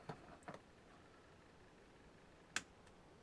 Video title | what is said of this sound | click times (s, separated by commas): DL 96 Pin Audio Connector Termination | Little click. | 2.6 s